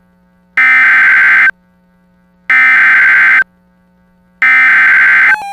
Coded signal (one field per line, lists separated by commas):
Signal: Emergency Alert System (SAME) tones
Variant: header bursts